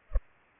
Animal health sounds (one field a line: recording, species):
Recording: mosquito wingbeat signal from an infrared sensor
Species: Culex pipiens